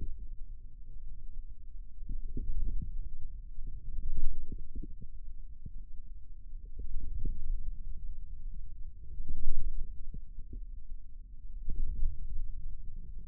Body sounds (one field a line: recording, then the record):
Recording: forearm muscle sounds (acoustic myography)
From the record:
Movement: wrist extension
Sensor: system 2, bracelet of six BSWA MPA416 microphones around the upper forearm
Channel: 6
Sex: male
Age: 22 years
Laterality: right